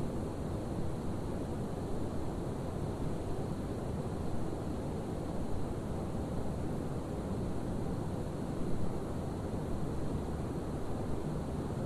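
A windstorm roars steadily throughout, a dense low rumbling rush with a thin hiss above, barely changing in strength from start to end.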